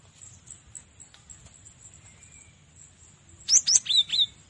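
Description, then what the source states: Cinereous tit delivers one brisk phrase of four high whistled notes, each slurring down, near the end, after a quiet stretch with a steady thin hum. Training recording for cage birds to learn from.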